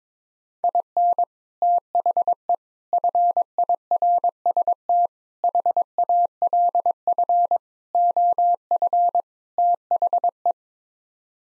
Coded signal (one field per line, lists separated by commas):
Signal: Morse code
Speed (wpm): 22 wpm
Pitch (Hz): 700 Hz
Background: none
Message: IN THE FIRST HALF OF THE